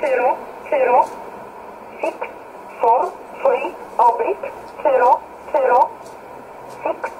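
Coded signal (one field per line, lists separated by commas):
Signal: numbers station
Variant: E11 Oblique, English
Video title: 12 06 2017 Numbers station E11 Oblique in English to Eu 0530 on 7600 in USB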